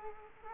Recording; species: mosquito wingbeat signal from an infrared sensor; Culex quinquefasciatus